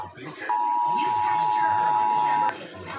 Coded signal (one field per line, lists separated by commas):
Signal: Emergency Alert System (SAME) tones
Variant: 853 and 960 Hz attention tone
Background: speech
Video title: October 4th 2023 EAS test part 1